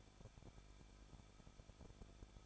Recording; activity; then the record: daily activity, microphone in the room; no activity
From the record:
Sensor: 5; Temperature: 20.7 degrees Celsius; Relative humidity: 38.6%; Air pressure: 1006.5 hPa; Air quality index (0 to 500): 192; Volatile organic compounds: 21 ppm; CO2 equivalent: 2717 ppm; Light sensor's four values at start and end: 2/3/1/1 and 2/3/1/1